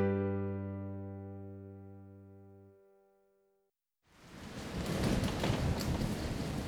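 A sustained harmonic tone fades away into a moment of silence, then a loud, dense roar of heavy storm rain bursts in with a low rumbling undertone and keeps going steadily, the storm growing ever stronger at night after 8 pm.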